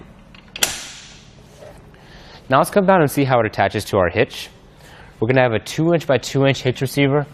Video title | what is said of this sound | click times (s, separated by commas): etrailer - Is the Thule Helium Pro Bike Rack for 3 Bikes Compatible with the 2018 Honda CR-V? | all we're gonna do is grab the top of the bike rack right here and just tilt up until we hear that loud audible click | 0.6 s